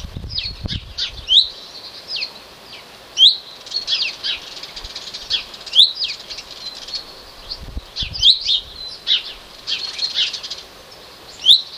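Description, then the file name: Common chaffinch calls: bright, short upward-sweeping notes every two to three and a half seconds, amid a busy scatter of softer high chirps and twitters. "Fringilla coelebs"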